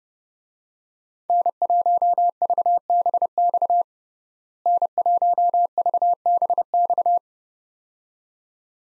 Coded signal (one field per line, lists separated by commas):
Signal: Morse code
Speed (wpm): 30 wpm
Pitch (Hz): 700 Hz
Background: none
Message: N1VBX N1VBX